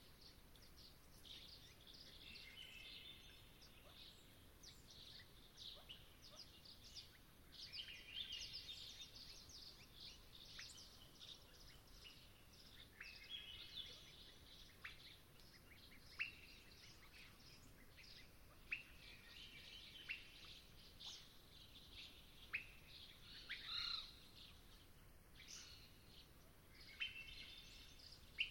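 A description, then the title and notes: A dusk swamp soundscape filled with a dense, continuous chorus of high chirps and tweets from birds or insects, overlapping throughout with brief sharper calls every few seconds. A faint low rumble sits steadily underneath, and the overall level stays fairly even. Long Swamp, Dusk. The air was still as I sat down to record; the temperature a chill 60ºF/ 15.5ºC, and the moon was expected to be full. I could hear distinct non-song vocalization from Swainson’s Thrushes.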